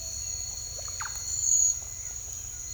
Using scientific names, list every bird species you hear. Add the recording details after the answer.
Psarocolius angustifrons. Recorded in secondary vegetation near Puerto Asís, Putumayo, Colombia, on 16 December 2024 at 07:00. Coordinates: 0.499, -76.323. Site G010